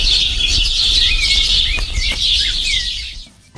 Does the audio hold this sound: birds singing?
yes